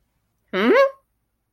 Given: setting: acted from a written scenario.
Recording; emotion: vocal sound without words; confusion